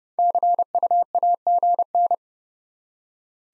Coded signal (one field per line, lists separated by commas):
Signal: Morse code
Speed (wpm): 30 wpm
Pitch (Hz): 700 Hz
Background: none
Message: CUAGN